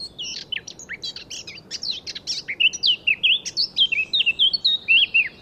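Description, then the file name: Eurasian blackcap song, fast varied chattering notes leading into a steady string of loud, pure, down-slurred whistles. "Sylvia atricapilla"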